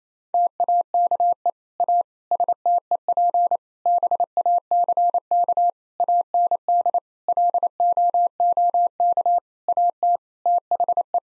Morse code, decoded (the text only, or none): TAKE A STEP BACK AND LOOK AT THE